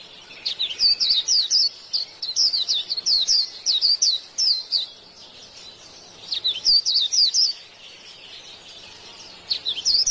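White-eye singing high, quick chirping phrases in runs of several notes, separated by silent gaps.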